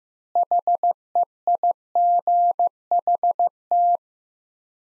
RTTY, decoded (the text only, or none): none